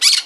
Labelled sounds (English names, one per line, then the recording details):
Brown-throated Parakeet contact call
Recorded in Margarita
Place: San Francisco, near stadium
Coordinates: 11.018, -64.294